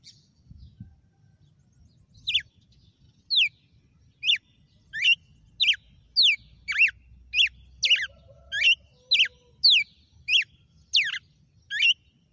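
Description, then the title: Red-cowled cardinal song: a steady series of bright, falling whistled notes, speeding up to nearly two per second, over faint low hum. Female. "Canto Galo Campina Fêmea 06. GALO DE CAMPINA FENRIR - HJ FOI AÇOITE VIU??"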